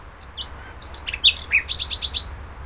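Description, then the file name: Common nightingale song: short varied whistles and chirps leading into five fast repeated high notes. "Luscinia megarhynchos"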